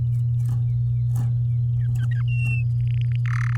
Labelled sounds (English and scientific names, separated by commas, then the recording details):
Domestic Canary (Serinus canaria) song
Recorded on 10 May 2018 at 05:39
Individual llb16